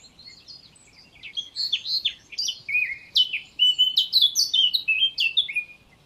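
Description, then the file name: Eurasian blackcap singing a rich, hurried warble that grows louder and ends in clearer, fluting whistled phrases. "Sylvia atricapilla"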